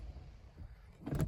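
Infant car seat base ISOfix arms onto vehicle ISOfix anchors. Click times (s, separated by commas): 1.1 s, 1.2 s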